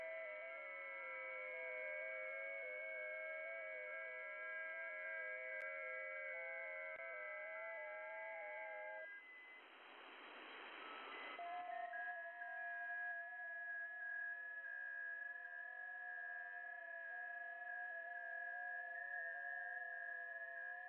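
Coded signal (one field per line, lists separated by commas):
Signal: FT8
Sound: several thin warbling tones at once, pausing briefly, then new tones resume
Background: radio static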